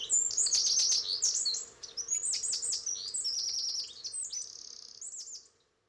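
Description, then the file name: Eurasian wren song, a rapid outpouring of high, sharp trills and chattering notes lasting about five seconds, with a faint steady low hum beneath. "Troglodytes troglodytes"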